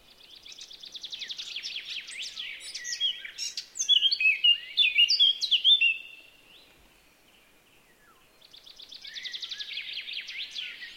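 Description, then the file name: Eurasian blackcap singing a rapid twittering warble that builds into bright, loud whistled notes, then a two-second pause before another chattering phrase begins. "Sylvia atricapilla"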